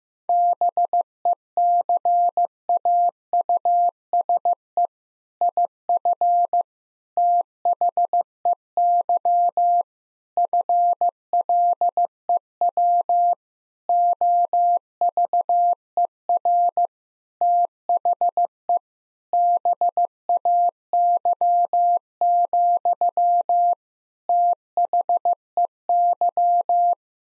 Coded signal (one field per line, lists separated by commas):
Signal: Morse code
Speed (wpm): 15 wpm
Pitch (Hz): 700 Hz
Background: none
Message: BECAUSE IF THEY FLEW OVER THE BAY, THEY